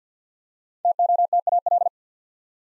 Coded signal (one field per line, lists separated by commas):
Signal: Morse code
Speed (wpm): 48 wpm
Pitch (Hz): 700 Hz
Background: none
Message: TOTAL